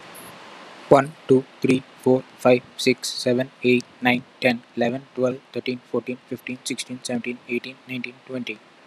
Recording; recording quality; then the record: counting at a fast pace; moderate, slight background noise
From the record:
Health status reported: exposed to COVID-19, no respiratory illness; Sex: male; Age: 25 years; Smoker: yes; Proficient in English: yes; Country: India